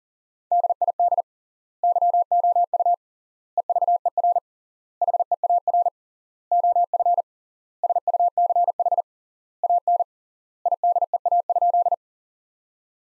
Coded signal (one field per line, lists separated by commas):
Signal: Morse code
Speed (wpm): 40 wpm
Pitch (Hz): 700 Hz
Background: none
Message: DID YOU EVER HEAR OF SUCH AN IDEA?